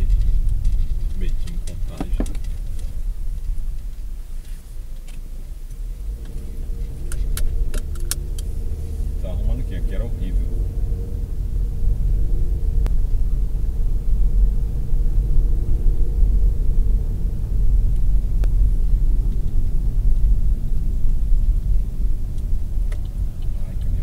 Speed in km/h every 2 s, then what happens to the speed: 17, 10, 4, 15, 24, 36, 40, 43, 48, 49, 41, 33.
0-4 slows to 4. 4-17 speeds up to 49. 17-24 slows to 33.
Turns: none.